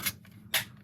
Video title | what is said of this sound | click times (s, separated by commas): PTW Carbon Fiber LCG Racing Chassis for the FMS FCX24 Smasher | and you'll hear it snap in place just like that | 0.5 s